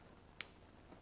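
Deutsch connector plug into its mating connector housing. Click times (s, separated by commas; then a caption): 0.4 s. Two halves of a Deutsch automotive wiring connector, with plastic housings, are pushed together until the locking latch engages. A single sharp, bright click sounds at 0.4 s, with a brief high ring over an otherwise quiet background. The plug is seated and latched into its mating connector housing with a positive click.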